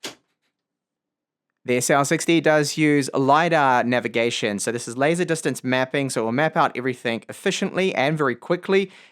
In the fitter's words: so you just need to line it up with this slot right here and you will then hear it click into place